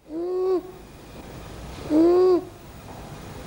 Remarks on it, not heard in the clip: The stridor when the child has difficulty breathing in. A sound due to the upper airway being narrowed to the point where it's difficult to breathe in. It really affects the breathing in. We would certainly recommend someone seek medical help.